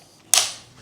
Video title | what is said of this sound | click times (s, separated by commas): Jowua Folding Electric Scooter fits in frunk of Tesla Model S 3 X Y | and hear another click as that locks in like that. | 0.3 s